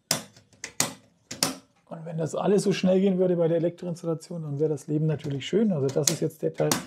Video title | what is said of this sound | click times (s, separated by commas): Elektroverteilung bestücken: FI/LS, Stromzähler, uvam. | spaß macht klickt ein paar mal und man sieht dass man das geschafft hat | 0.1 s, 0.8 s, 1.4 s